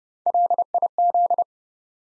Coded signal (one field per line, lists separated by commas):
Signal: Morse code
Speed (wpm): 30 wpm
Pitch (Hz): 700 Hz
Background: none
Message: LIZ